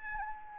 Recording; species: mosquito wingbeat signal from an infrared sensor; Aedes albopictus